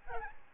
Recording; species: mosquito wingbeat signal from an infrared sensor; Aedes albopictus